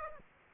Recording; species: mosquito wingbeat signal from an infrared sensor; Aedes aegypti